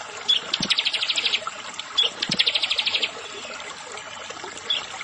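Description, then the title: Prinia singing two bursts of rapid, evenly spaced high notes, each opened by a sharp chip, with quiet gaps between. "Ciblek Sawah"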